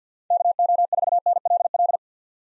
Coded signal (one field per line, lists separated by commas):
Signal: Morse code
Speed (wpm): 50 wpm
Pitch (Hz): 700 Hz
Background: none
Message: KO4NLL